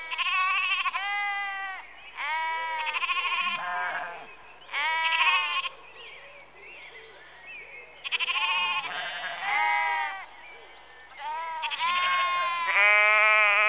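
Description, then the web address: Sheep bleating steadily throughout, a string of nasal bleats with brief gaps between. Sheep in a rural exterior atmosphere, early evening, recorded close. "Sound Effects Library (Exterior Atmospheres-Rural Backg) Sheep Early Evening- Close"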